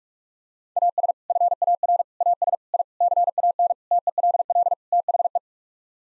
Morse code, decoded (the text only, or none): AS FAR AS I CAN TELL THE